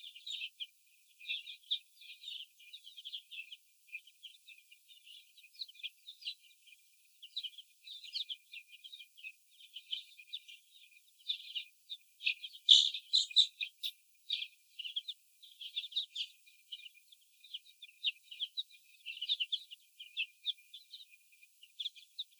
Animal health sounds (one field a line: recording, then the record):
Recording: young laying hens in a cage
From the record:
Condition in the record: before the stressor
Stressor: sudden umbrella opening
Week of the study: 2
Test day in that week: 1